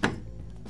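The interior half of a GEONFINO WiFi & Bluetooth smart deadbolt lock is lined up on the door deadbolt's metal tailpiece rod and pushed on, giving one sharp click at 0.0 s as it seats. A quiet background hum follows, with a faint soft swell near 0.7 s. The unit seats smoothly and firmly in place.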